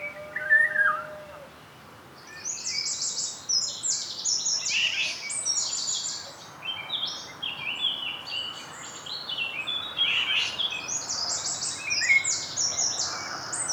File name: Troglodytes troglodytes